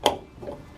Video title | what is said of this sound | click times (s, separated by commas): ULTIMATE MK3 FOCUS HYDRAULIC BONNET STRUTS INSTALL! - SD PERFORMANCE- FOCUS RS | clicks into place and that's that locked so then we do the exact same thing for the lower one | 0.1 s